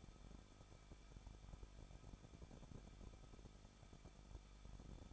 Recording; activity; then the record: daily activity, microphone in the room; no activity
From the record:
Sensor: 5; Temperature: 20.9 degrees Celsius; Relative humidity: 38.2%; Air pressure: 1006.4 hPa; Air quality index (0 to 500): 188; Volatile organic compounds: 18 ppm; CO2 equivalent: 2636 ppm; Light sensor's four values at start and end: 2/3/1/1 and 2/3/1/1